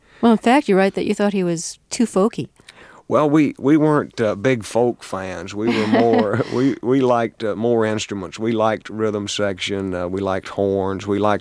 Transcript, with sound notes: Well, in fact, you write that you thought he was too folky.
Well, we weren't big folk fans.
(SOUNDBITE OF LAUGHTER)
We were more - we liked more instruments. We liked a rhythm section. We liked horns.